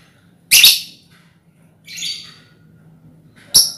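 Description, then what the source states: Lovebird squawks: three harsh, noisy high bursts, the middle one softer and buzzier, over a faint low hum. Lovebird ngekek song, used as a lure song (kicau pancingan).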